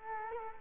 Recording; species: mosquito wingbeat signal from an infrared sensor; Culex quinquefasciatus